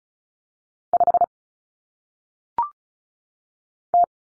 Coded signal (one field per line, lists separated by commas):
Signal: Morse code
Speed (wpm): 36 wpm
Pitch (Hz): 700 Hz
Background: none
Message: 5 T